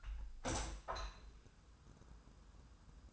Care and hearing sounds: daily activity, microphone in the room; open window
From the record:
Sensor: 2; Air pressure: 1004.5 hPa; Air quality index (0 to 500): 109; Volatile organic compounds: 2 ppm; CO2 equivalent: 1316 ppm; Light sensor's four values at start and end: 6/14/5/6 and 6/14/5/6

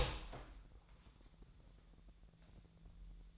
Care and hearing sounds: daily activity, microphone in the room; open door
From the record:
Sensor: 3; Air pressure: 1001.4 hPa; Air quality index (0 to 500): 249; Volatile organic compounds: 145 ppm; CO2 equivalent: 4000 ppm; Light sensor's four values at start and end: 10/24/10/10 and 9/22/9/8

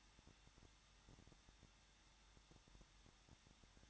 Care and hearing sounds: daily activity, microphone in the room; no activity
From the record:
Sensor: 3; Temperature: 21.2 degrees Celsius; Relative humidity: 36.4%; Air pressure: 1006.4 hPa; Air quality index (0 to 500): 223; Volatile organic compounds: 43 ppm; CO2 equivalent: 3190 ppm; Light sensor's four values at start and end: 2/3/2/2 and 2/3/2/2

